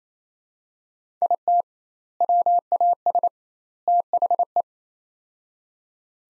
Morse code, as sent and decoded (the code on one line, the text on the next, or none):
.. - / .-- .- ... / - .... .
IT WAS THE